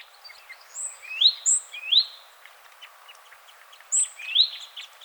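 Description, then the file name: Great tit calls: paired notes, a thin high whistle followed by a rising, slurred note, repeated a few times with short pauses, faint chatter behind. "Parus major"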